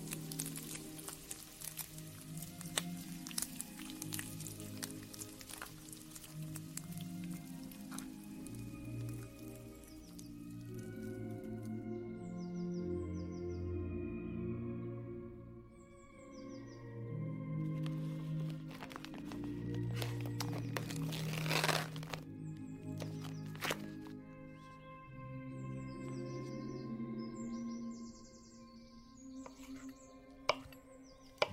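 Someone cooks in a kitchen while oldies music plays from another room, its low melody and bass steady throughout. Sharp clicks, clatters and knocks of utensils come often in the first half and around 21 seconds, with a loud bang right at the end.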